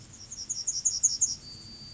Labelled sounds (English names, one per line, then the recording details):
Yellowhammer song
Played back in grassland
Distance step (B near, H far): D
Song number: 024